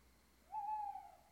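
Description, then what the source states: Owl hoot, a single flat sustained note lasting about half a second, slightly fading at its end, over quiet background. Owls (chouettes) recorded at Ker Anna.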